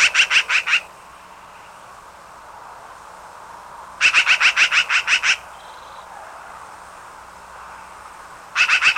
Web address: peterchen. 101 Bird Songs. Black Billed Magpie